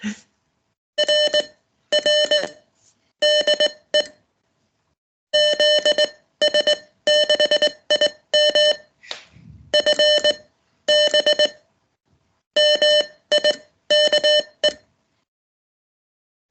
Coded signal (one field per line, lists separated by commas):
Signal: Morse code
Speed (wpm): 19 wpm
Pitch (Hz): 600 Hz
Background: none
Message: R R DE ZS6IM FB MIKE